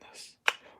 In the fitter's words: oh you gotta twist it it locks in place aha